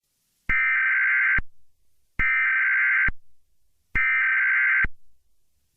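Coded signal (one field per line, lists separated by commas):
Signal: Emergency Alert System (SAME) tones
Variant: header bursts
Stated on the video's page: Fictional EAS scenario of an April Fools serial killer in Arizona; fake, not for broadcast.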